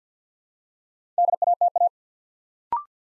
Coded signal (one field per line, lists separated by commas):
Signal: Morse code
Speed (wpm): 50 wpm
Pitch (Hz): 700 Hz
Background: none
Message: DATA